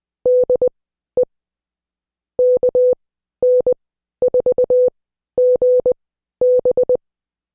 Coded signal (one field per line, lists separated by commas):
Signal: Morse code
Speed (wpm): 20 wpm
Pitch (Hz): 500 Hz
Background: none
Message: DE KN4GB